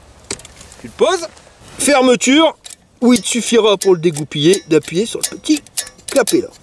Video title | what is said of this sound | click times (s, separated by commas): Une caravane pour vélo c'est comment? Etape 1 | là ça se clipse tout seul avec ces systèmes de fermeture tu | 0.3 s